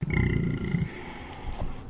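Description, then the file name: Pig grumbling, a deep, low rumbling grunt that fades to quieter low snuffling. Landrace breed pig recorded indoors, grumbling. "ANIMAL PIG LANDRACE EDGAR"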